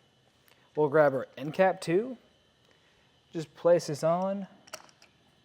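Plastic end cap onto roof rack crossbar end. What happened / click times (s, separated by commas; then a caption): Handled, not yet home: a small plastic cap is being fitted, no seating click yet / none. A plastic end cap is being handled and placed onto the end of a Yakima JetStream roof rack crossbar on a 2024 Kia Telluride while someone talks. A few faint, sharp taps of handling are heard near the end. Nothing has seated or clicked yet.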